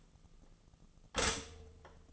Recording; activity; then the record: daily activity, microphone in the room; stop toaster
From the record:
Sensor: 4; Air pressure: 1010.0 hPa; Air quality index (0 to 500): 180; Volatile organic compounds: 5 ppm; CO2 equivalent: 1825 ppm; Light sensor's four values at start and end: 23/68/27/27 and 22/68/26/27